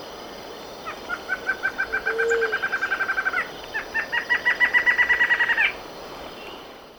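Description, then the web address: Lined antshrike song: two fast series of nasal, evenly spaced notes, the second ending in a sharp upslurred note, with a brief low whistle partway through the first series. Ecuador. "Birds of Ecuador 25 Lined Antshrike"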